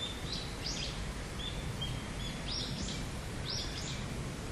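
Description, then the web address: Narcissus flycatcher: faint whistled notes and short rising-falling phrases over steady low background rumble. "udragon kibitaki"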